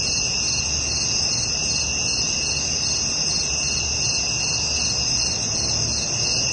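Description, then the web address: Night insects: steady high-pitched trilling in unbroken bands over a soft low background hum. Recorded at night. "SFXSource AOS Night Insects"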